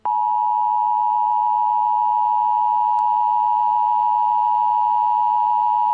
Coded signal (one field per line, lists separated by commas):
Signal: Emergency Alert System (SAME) tones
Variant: 853 and 960 Hz attention tone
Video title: Emergency Alert System: Invasion of the United States